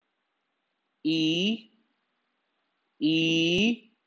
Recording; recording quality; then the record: sustained vowel as in beet; excellent, no background noise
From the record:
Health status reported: healthy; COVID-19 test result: negative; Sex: male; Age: 23 years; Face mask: not worn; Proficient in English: yes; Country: India